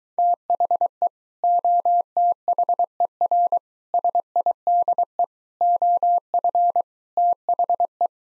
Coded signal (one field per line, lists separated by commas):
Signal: Morse code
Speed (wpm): 23 wpm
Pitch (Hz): 700 Hz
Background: none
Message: THE OTHER SIDE OF THE